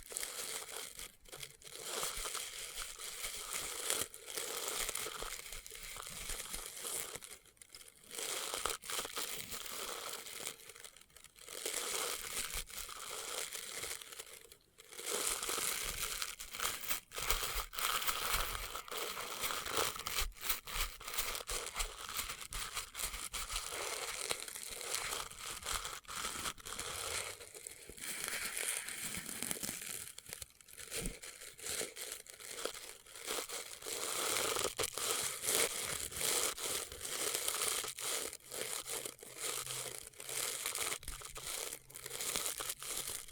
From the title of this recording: Experimental Triggers in Test Tubes